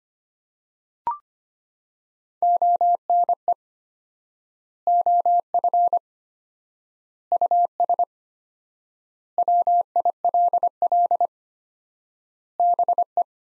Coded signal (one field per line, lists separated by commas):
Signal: Morse code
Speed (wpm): 25 wpm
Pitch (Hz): 700 Hz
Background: none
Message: ONE OF US WILL BE